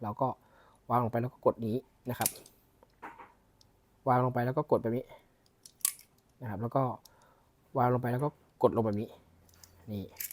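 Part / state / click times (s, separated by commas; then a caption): BB pellet into plastic shell tip with O-ring / seated / 5.8 s. A BB pellet is placed on the tip of a plastic airsoft shell and pressed down with a fingertip so the black O-ring holds it. Someone talks throughout, and a sharp click is heard at 5.9 s as the BB seats in the shell tip.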